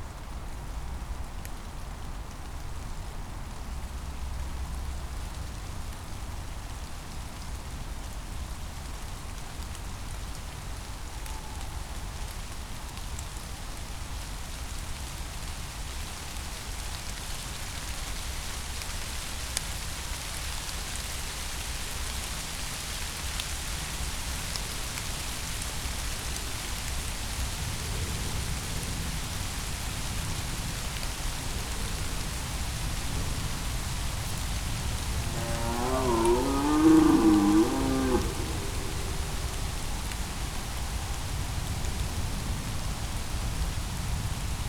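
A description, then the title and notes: Steady rain falls through a night forest, an even, dense patter with a soft low rumble underneath. A short, low animal call, perhaps a deer, rises briefly above the rain around the 37-second mark, then the patter continues unchanged. Some highlights of a rainy night in Schönbuch, BaWü, DE. Recorded September 2022. Featuring Red Deer, Tawny Owl, and some rain.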